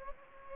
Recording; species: mosquito wingbeat signal from an infrared sensor; Anopheles gambiae